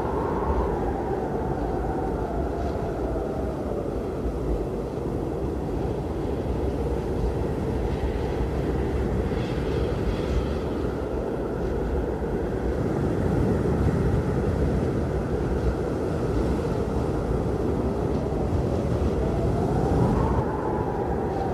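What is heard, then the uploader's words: Heavy wind roars without a break through a blizzard, a dense, low rumble that swells slightly louder from about thirteen seconds on. A faint rising and falling whistle sweeps in near the start and again around twenty seconds, with light hissing gusts above. Natural White Noise. Blizzard Storm Sounds (Heavy Wind & Snow).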